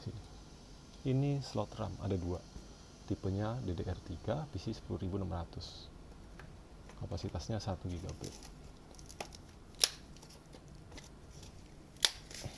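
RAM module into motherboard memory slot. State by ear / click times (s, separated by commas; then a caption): seated / 12.1 s. A DDR3 PC10600 RAM stick is pressed into a motherboard memory slot while someone talks, with small handling taps along the way. A sharp click comes at 12.1 seconds as the retaining clips snap shut and the module seats.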